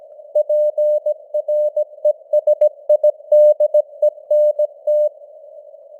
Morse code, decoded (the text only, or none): PRESIDENT